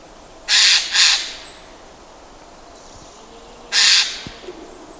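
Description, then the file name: Eurasian jay giving harsh, rasping screeches: two in quick succession, then a third after a pause of about two and a half seconds, with faint thin whistles in the background. "Garrulus glandarius"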